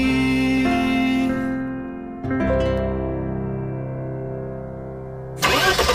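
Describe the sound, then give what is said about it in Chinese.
A car engine cranks with a short rattling burst and catches, settling into a steady low hum under sustained musical tones before a loud, rushing rev at the end. “每一款汽车都有性格，每一段音乐都有表情。汽车音乐会，人车合一的完美表达。”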